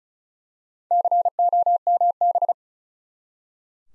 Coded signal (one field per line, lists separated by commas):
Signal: Morse code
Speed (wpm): 36 wpm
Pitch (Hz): 700 Hz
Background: none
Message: COMB